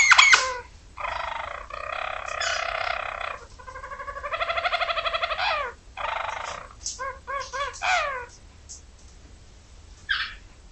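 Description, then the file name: Roller canary song: several long, rolling harmonic trills separated by brief pauses, then short repeated notes, another trill and a final faint note. "kenari-roller-v 5-omkicau"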